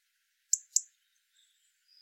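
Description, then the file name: European robin giving two sharp, very high ticking notes in quick succession, followed by near silence with a faint thin sound at the end. "Erithacus rubecula"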